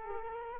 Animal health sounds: mosquito wingbeat signal from an infrared sensor; Culex quinquefasciatus

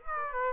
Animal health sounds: mosquito wingbeat signal from an infrared sensor; Aedes aegypti

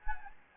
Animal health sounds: mosquito wingbeat signal from an infrared sensor; Anopheles gambiae

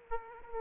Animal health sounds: mosquito wingbeat signal from an infrared sensor; Aedes aegypti

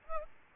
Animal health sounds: mosquito wingbeat signal from an infrared sensor; Aedes albopictus

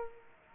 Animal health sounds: mosquito wingbeat signal from an infrared sensor; Aedes aegypti

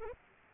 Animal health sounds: mosquito wingbeat signal from an infrared sensor; Aedes aegypti

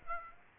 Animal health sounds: mosquito wingbeat signal from an infrared sensor; Aedes aegypti

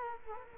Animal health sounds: mosquito wingbeat signal from an infrared sensor; Culex quinquefasciatus

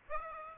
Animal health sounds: mosquito wingbeat signal from an infrared sensor; Aedes aegypti

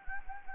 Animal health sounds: mosquito wingbeat signal from an infrared sensor; Anopheles gambiae

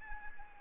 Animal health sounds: mosquito wingbeat signal from an infrared sensor; Anopheles arabiensis

